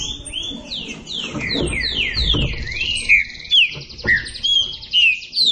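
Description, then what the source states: Green-winged saltator song with a quick series of descending slurred whistles, then spaced bright whistled notes about every half second. Classic song style (canto clássico), a training recording.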